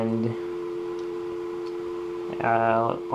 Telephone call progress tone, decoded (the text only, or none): dial tone